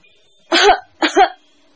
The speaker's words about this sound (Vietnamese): Kim Kiền ho khan hai tiếng, ngại ngùng gãi đầu, rút ra hai đơn thuốc trong lòng đưa lên.